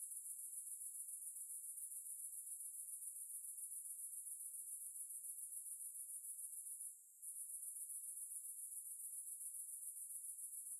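Cicada chorus: a dense, high-pitched pulsing buzz that runs on steadily, stopping once for a moment before resuming.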